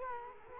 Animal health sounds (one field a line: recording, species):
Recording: mosquito wingbeat signal from an infrared sensor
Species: Culex quinquefasciatus